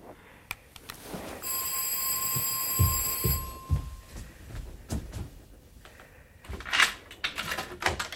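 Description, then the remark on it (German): A doorbell rings with a shrill, continuous electric buzz for about two seconds, followed by scattered thumps, shuffling and clatter with no one speaking. “Warte mal einen Augenblick. Es klingelt.”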